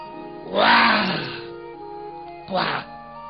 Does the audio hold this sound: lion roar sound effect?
yes